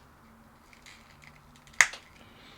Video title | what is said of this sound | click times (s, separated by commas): Storm Collectibles Kangan Ashura Kure Raian Review | you hear that nice little bit of popping | 1.8 s